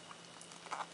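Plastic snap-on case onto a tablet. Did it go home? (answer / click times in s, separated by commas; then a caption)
no / none. A plastic elago A4 snap-on case is being handled onto an iPad mini, with soft scuffs and light taps as its edges and corners are worked over the tablet, plus a slightly louder knock near 0.7 seconds. Nothing has seated or clicked yet; the clip ends just before the corner snaps home.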